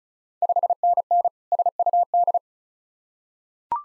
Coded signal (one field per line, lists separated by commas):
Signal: Morse code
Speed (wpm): 36 wpm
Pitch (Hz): 700 Hz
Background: none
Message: 5NN SUD